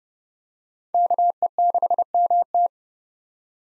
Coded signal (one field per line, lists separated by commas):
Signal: Morse code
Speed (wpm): 30 wpm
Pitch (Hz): 700 Hz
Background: none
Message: KE6MT